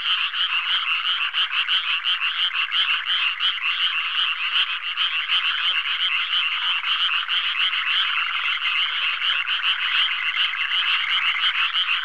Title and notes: NHK Sound Effects Collection - 3-Frogs. NHK効果音集 - 3-カエル